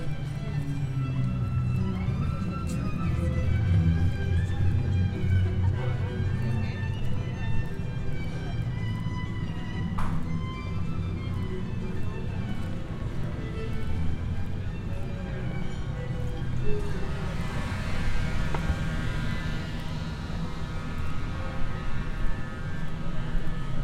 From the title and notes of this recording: Binaural Roman City Walk | City of Bath. The sounds of echoing footsteps, distant chatter, and bustling crowds. Walk through the historic city of Bath.